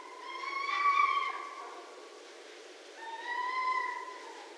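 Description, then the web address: Red fox whines: two drawn-out, even tonal cries with faint overtones, the second softer and slightly rising, separated by a pause. Recorded 6 January 2012. "Red Fox 2012 01 06 Red Fox"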